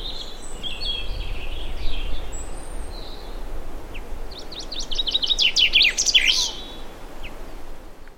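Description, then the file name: Common chaffinch song: a quick series of bright notes around midway, building to a louder flourish, over a steady background hiss. "Fringilla coelebs"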